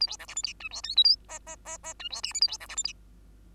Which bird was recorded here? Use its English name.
Bengalese Finch